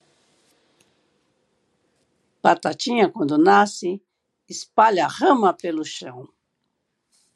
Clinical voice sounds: short text; Brazilian Portuguese; female; 60 to 69 years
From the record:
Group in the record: control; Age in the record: 63 years

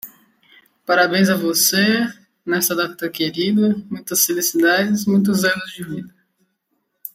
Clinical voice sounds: short text; Brazilian Portuguese; female; 20 to 29 years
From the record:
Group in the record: control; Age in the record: 27 years

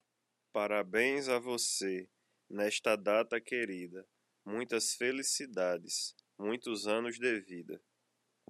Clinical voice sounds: short text; Brazilian Portuguese; male; 30 to 39 years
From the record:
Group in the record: control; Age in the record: 33 years

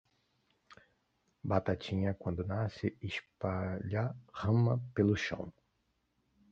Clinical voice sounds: short text; Brazilian Portuguese; male; 40 to 49 years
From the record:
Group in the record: control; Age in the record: 44 years

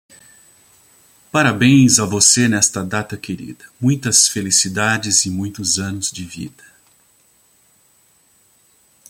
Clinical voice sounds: short text; Brazilian Portuguese; male; 60 to 69 years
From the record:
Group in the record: control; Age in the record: 65 years

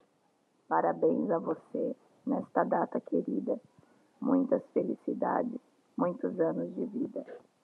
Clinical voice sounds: short text; Brazilian Portuguese; female; 40 to 49 years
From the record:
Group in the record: control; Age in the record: 44 years

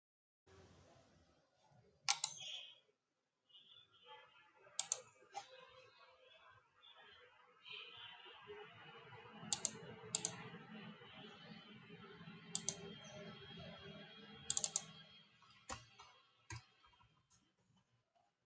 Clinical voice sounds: short text; Brazilian Portuguese; male; 20 to 29 years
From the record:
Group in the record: control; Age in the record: 21 years

